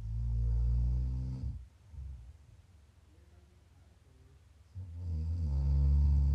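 Two loud, low, buzzing snores from an adult sleeper, each lasting over a second, are separated by a quiet pause of about three seconds. The rattling, vibrating tone is typical of ordinary snoring during sleep, offered as ASMR snoring for relaxation.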